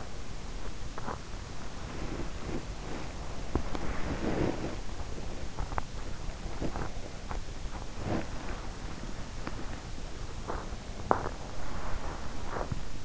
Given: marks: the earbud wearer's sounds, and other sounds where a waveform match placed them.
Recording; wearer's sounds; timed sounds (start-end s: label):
sounds in sleep by an in-ear microphone; body movement
0.00-13.05 s: body movement